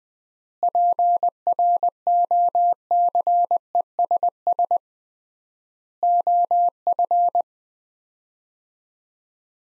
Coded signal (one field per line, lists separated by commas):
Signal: Morse code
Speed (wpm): 20 wpm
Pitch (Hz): 700 Hz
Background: none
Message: PROCESS OF